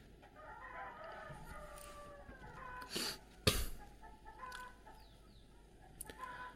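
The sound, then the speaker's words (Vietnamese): Chickens cluck steadily while a rooster crows in long, rising calls, with a few sharp louder bursts in the middle of the barnyard chatter. “Các đại ca gà ơi, gái ít thôi.”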